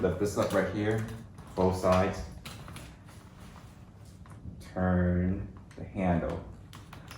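Someone talks while flipping up and turning the handle of an Infantasy baby stroller on both sides, moving it into its hinge lock, with short light taps between the words. The handle has not locked or clicked into place yet.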